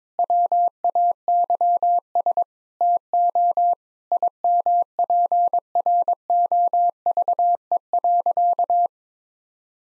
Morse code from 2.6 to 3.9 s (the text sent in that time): TO